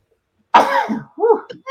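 After silence, a single sudden, explosive voiced burst lasts about half a second, followed by a shorter voiced tail and a faint catch of breath. It is one partly stifled sneeze from an adult woman.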